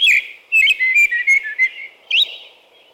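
American robin song: a run of clear whistled, slightly slurred phrases, several in quick succession, ending with a higher rising note; otherwise quiet.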